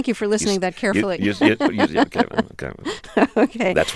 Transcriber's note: laughter